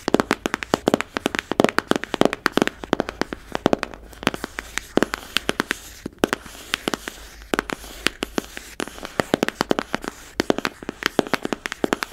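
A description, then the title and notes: Crisp tapping and scratching on a hard surface, with sharp clicks coming in rapid, uneven bursts throughout. The hits are bright and dry, clustered densely in places and thinning briefly around the middle. A faint low hum sits underneath. ASMR Tingly Tapping, Tracing & Scratching.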